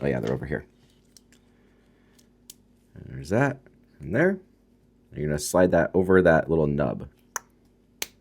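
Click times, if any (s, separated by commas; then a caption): 7.4 s, 8.0 s. A plastic spring cup on the rear shock absorber of an SWORKz S14-4d RC buggy kit is slid over the small nub on the shock end while someone talks. Two sharp snaps are heard at 7.4 s and 8.0 s as the cup snaps into place and seats.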